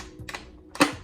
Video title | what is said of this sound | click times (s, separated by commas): Biltwell Lane Splitter unboxing, review, and updates | This has a couple of stopping points, so as it clicks up, you can hear it go up. | 0.3 s, 0.8 s